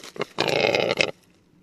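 Rackelhahn (black grouse × capercaillie hybrid): rackelhahn calling with a couple of short rough notes, then a loud harsh grating croak of about three-quarters of a second.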